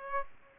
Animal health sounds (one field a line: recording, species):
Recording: mosquito wingbeat signal from an infrared sensor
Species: Aedes aegypti